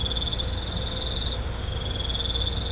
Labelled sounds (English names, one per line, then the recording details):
none
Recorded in pastures near Puerto Asís, Putumayo, Colombia, on 16 December 2024 at 23:00
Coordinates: 0.502, -76.324
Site G077